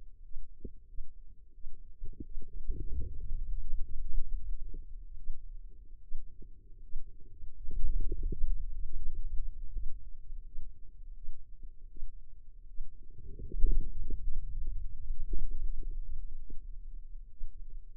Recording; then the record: forearm muscle sounds (acoustic myography)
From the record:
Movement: hand opening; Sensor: system 2, bracelet of six BSWA MPA416 microphones around the upper forearm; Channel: 5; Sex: female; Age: 25 years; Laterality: right